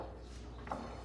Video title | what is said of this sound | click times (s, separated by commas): Chop saw | can change the little steel screwdriver put it through the hole and press it in until it will click in hole | 0.7 s